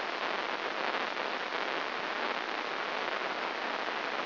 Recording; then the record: brain microelectrode recording played as sound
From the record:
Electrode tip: inside the subthalamic nucleus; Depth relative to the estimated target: 1 mm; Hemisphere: right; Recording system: AlphaMap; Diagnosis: Parkinson's disease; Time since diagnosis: 7 years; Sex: female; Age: 49 years